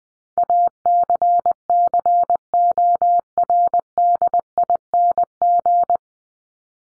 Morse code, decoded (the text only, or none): ACCORDING